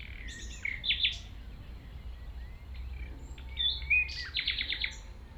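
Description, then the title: Common nightingale song: short phrases of chirps and a quick trill of repeated notes, with faint low rumble behind. At 195 Rue de Vars, Chindrieux, France; recordist approached the singing nightingale on foot through tall grass; while singing it is deaf to outside noise. "195 Rue de Vars, 73310 Chindrieux, France - approche d'un rossignol"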